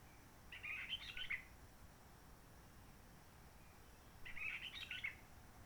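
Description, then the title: Réunion bulbul singing two brief chattering, whistled phrases about three and a half seconds apart, with quiet hissing background. Roche Merveilleuse forest, Réunion; quiet since 19 March 2020 lockdown, no visitors, microlights or helicopters; sunny; birds not very active; sings simpler short phrases, adapted to past air-tourism noise. "Roche Merveilleuse, Réunion - Merle de lîle de la Réunion."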